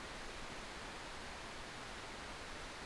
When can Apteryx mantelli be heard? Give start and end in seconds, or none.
none